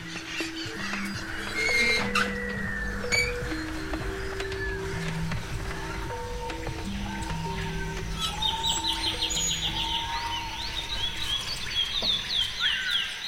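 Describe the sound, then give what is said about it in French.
A flock of birds calls steadily at feeding time, with overlapping high chirps and rapid trilling bursts over a bed of lower, sustained hooting tones; no one speaks. “Donc on va aller voir si jamais il reste des poissons qui sont au fond, ça servira à rien, mais si c'est pas le cas, de toute façon on verra vite, hein, le comportement des oiseaux vont vite nous montrer s'ils ont faim ou pas.”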